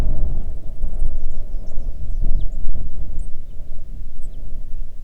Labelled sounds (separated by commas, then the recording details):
songbird, wind
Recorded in the Arctic National Wildlife Refuge, Alaska, on 3 June 2019 at 04:31
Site 37